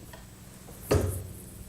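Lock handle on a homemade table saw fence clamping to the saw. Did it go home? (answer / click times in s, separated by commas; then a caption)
yes / 0.9 s. The lock handle on a homemade table saw fence, lined up with the miter gauge slot, is dropped down to clamp the fence to the saw. A single sharp snap lands at 0.9 s, with a short low thump fading by about 1.2 s over quiet background. The handle locks in place and the fence is confirmed not moving.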